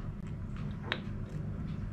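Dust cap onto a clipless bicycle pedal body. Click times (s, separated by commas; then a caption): 0.9 s. After the axle is regreased, a plastic dust cap is pressed, notch facing inward, onto the body of a Time clipless bicycle pedal. Over a low steady hum, a faint soft sound comes at 0.6 s, then a single sharp click at 0.9 s as the cap clips on and seats.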